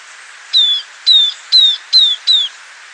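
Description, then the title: Southern Beardless Tyrannulet song: five clear, high whistled notes, each slurring slightly downward, repeated about twice a second against a faint steady background hiss. Subspecies sclateri. "LuckyPassaro Completos2Sama. Southern Beardless Tyrannulet (Camptostoma obsoletum sclateri)"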